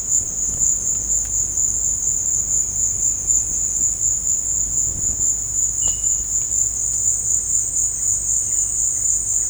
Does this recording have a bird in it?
no